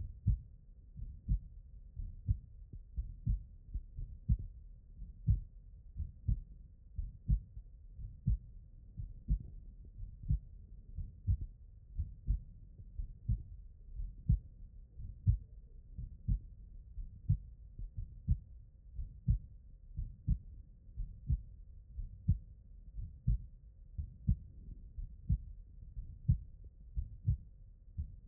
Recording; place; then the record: heart sounds by stethoscope; pulmonary valve (PV)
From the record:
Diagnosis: non-HFrEF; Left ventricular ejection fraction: 56%